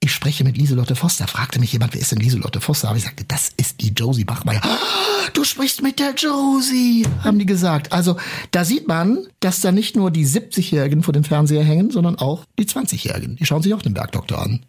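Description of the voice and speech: Fluent, clear conversational German from one adult speaker, with natural pitch variation and a normal voice.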